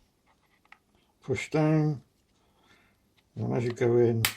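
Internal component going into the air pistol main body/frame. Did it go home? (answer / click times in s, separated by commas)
no / none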